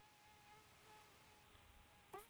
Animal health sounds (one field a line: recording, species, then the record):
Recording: mosquito flight sound by mobile phone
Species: Aedes sierrensis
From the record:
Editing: cut to the mosquito's sound